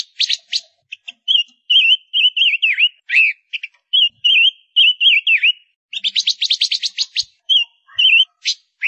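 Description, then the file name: Gouldian finch singing a dense run of repeated dipping whistles, then a rapid buzzy pulsed trill and a few closing whistles and chirps. Female bird singing. "Tieng chim ngu sac mai hot"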